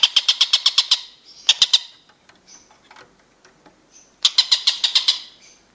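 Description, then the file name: Stork-billed kingfisher calling in short bursts of quick, harsh notes, with faint scattered clicks between the bursts. "tengkek buto om andri"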